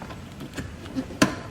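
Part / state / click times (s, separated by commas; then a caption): power wire plug into its connector / seated / 1.2 s. While installing EVBASE laser-engraved ambient lights in a Tesla Model X, the end of the power wire is pushed into its plastic connector. Faint handling noises lead up to one sharp, bright click at 1.2 s as the plug seats in the connector.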